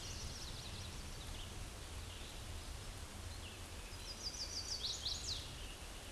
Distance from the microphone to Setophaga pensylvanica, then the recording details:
about 35 m. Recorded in a Pennsylvania forest on 17 May 2023 at 11:48. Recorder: AudioMoth, point grid1_40_low. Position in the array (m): 111 m, 217 m